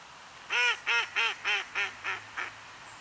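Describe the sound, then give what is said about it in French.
A mallard duck quacks seven times in a steady, evenly spaced series, each call loud and nasal at first, with the last few growing slightly fainter, over a low background hum. “Le canard colvert fait partie de la cinquantaine d'espèces de canards de surface.”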